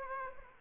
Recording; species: mosquito wingbeat signal from an infrared sensor; Aedes aegypti